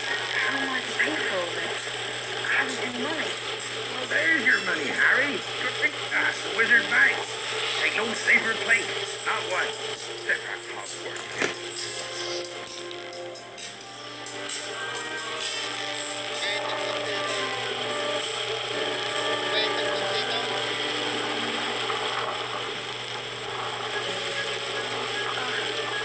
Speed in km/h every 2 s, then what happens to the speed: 21, 21, 21, 22, 24, 26, 23, 22, 22, 25, 27, 28, 27.
0-16 steady at about 22.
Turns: none.